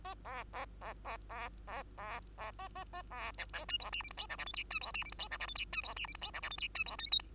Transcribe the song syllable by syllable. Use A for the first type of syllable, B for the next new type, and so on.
A B B B B B B B B A A A B C D E F G H I J K L M N E F G H I J K L M N E F G H I J K L M N E F O P Q